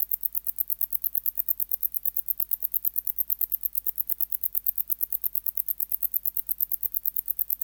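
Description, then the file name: Wart-biter song, a dense, regular chain of thin high ticks running without pause, with only a quiet low hum beneath. "Decticus verrucivorus"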